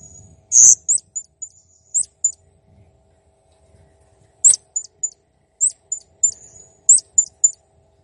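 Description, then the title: Blue-crowned hanging parrot song: a rapid run of shrill, high-pitched chirps and thin sustained whistles in two bursts, with a faint low rumble underneath. Master recording used for training cage birds; described as 'gacor jernih', meaning singing constantly and clearly. "Masteran Burung Serindit Ll Masteran Serindit Gacor Jernih"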